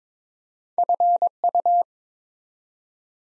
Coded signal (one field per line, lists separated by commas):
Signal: Morse code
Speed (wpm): 23 wpm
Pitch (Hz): 700 Hz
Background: none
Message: FU